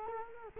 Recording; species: mosquito wingbeat signal from an infrared sensor; Culex quinquefasciatus